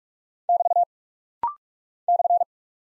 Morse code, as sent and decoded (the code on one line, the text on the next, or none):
-...- / -..-.
<BT> /